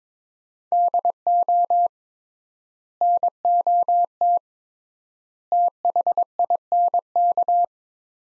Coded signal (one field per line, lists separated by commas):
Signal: Morse code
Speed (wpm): 21 wpm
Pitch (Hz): 700 Hz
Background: none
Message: DO NOT THINK